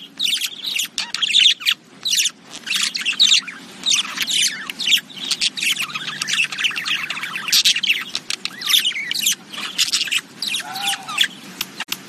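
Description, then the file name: Budgerigar chatter: a steady stream of scratchy warbles, squeaks and short chirps, jumbled and continuous, with a faint low hum underneath. "Budgie Sounds"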